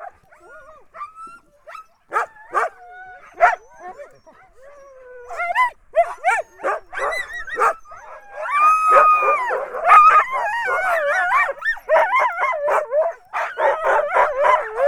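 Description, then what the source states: Husky: huskies yipping and whining in quick irregular bursts, building into longer wavering howl-like tones and a dense chorus toward the end. Huskies, close up.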